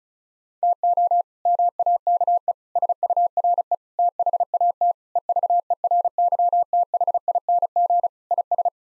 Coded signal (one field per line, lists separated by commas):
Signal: Morse code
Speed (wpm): 36 wpm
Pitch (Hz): 700 Hz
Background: none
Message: TO MAKE SURE THAT EVERYTHING IS